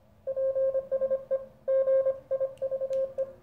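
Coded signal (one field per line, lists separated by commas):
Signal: Morse code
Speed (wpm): 26 wpm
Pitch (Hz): 530 Hz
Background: none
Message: PSE GIVE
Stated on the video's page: Single-band CW transceiver, the Weber Soda Pop kit radio, used for on-air contacts.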